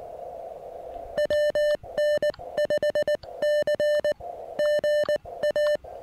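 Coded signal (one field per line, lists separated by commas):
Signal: Morse code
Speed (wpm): 19 wpm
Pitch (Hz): 600 Hz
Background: none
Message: WN5C GA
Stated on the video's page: QRP Morse from a park activation with an Elecraft KX1 and end-fed half-wave antenna, on 20, 30 and 40 meters.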